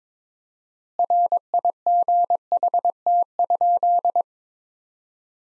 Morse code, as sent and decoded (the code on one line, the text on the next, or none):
.-. .. --. .... - ..--..
RIGHT?